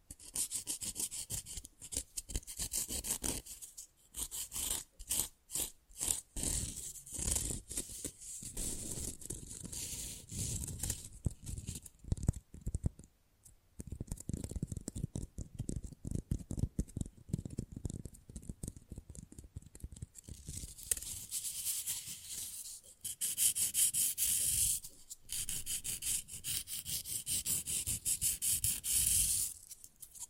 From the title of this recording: Manicure Session Fast & Rough Nail Filing + Tapping